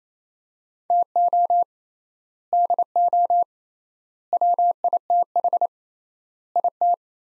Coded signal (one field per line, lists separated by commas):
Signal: Morse code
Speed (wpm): 28 wpm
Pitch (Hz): 700 Hz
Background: none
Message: TO DO WITH IT